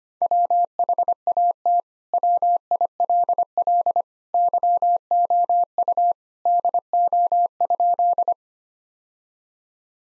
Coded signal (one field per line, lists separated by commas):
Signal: Morse code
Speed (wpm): 25 wpm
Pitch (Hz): 700 Hz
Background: none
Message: WHAT WILL YOU DO?